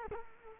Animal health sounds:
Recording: mosquito wingbeat signal from an infrared sensor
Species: Culex quinquefasciatus

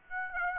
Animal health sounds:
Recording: mosquito wingbeat signal from an infrared sensor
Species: Aedes aegypti

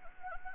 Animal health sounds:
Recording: mosquito wingbeat signal from an infrared sensor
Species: Anopheles gambiae

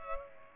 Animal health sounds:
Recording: mosquito wingbeat signal from an infrared sensor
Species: Culex pipiens

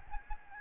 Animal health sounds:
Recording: mosquito wingbeat signal from an infrared sensor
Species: Aedes albopictus

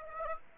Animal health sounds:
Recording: mosquito wingbeat signal from an infrared sensor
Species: Aedes aegypti

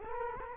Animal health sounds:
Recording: mosquito wingbeat signal from an infrared sensor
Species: Culex quinquefasciatus

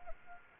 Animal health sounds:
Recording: mosquito wingbeat signal from an infrared sensor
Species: Anopheles arabiensis

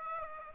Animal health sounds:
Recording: mosquito wingbeat signal from an infrared sensor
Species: Aedes aegypti

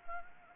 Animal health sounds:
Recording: mosquito wingbeat signal from an infrared sensor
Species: Anopheles arabiensis

